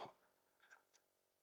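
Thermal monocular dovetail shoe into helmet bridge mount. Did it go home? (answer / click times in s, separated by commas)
yes / 0.7 s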